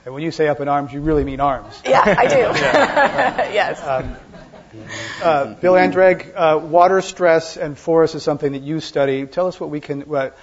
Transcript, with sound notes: And when you say up in arms, you really mean arms.
Yeah, I do. Yes.
[Laughter]
Bill Anderegg, water stress and force is something that you study. Tell us what we can